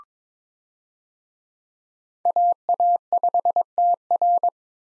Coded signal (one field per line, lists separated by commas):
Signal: Morse code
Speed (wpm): 22 wpm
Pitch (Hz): 700 Hz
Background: none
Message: AA5TR